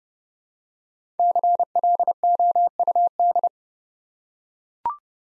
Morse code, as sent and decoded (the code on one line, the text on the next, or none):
-.-. .-.. --- ..- -..
CLOUD